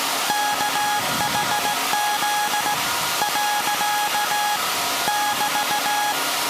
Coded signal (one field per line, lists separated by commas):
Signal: Morse code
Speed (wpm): 17 wpm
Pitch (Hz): 830 Hz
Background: none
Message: KHZ . <BT>